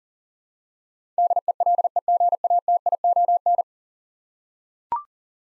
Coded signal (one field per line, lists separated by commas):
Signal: Morse code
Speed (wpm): 40 wpm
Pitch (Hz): 700 Hz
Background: none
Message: DELEGATION